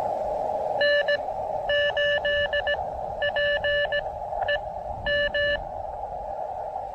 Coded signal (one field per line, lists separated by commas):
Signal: Morse code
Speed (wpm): 17 wpm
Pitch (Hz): 1750 Hz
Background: radio noise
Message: N8PEM